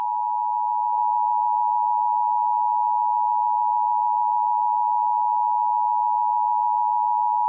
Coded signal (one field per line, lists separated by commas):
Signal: Emergency Alert System (SAME) tones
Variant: 853 and 960 Hz attention tone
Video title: EAS Scenario #4: Sense of Injustice